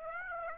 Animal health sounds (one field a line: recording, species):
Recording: mosquito wingbeat signal from an infrared sensor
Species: Aedes aegypti